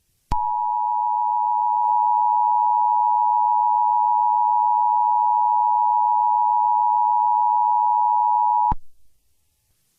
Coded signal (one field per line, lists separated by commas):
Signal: Emergency Alert System (SAME) tones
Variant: 853 and 960 Hz attention tone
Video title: Eas Mock Scenario: Black Fog